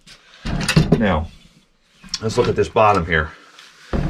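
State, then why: Seated. The bottom of a west coast wraparound handle is lined up with the housing of a Husqvarna 562XP chainsaw and pressed in while the handle is being fitted. Someone talks, then after a pause the handle bottom clicks into place at 3.9 s, seating in the chainsaw body.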